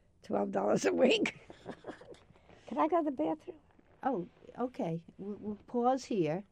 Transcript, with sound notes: twelve dollars a week! [Laughs] Can I go to the bathroom?
Oh, okay, we'll pause here.